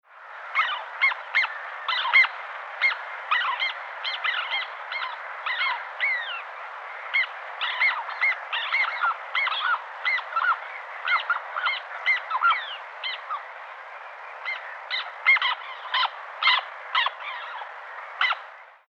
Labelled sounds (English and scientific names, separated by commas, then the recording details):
Black Tern (Chlidonias niger)
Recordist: Tembrock, Günter
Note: Rufe in einer Brutkolonie